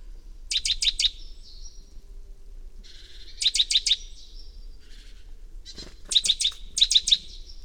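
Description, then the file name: Great tit calls: short bright chinking notes in quick runs of three or four, the early runs trailed by a soft buzzy churr, repeated four times with pauses. "Parus major"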